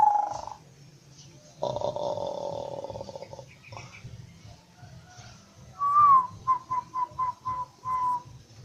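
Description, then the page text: Zebra dove coos: a purring trill opens, then a long rough buzzy noise, later a rising note followed by a quick series of short soft coos. Manggung song of local and Bangkok zebra doves, used for luring birds. "suara perkutut manggung gacor dari jenis perkutut lokal atau asli dan bangkok untuk pikat"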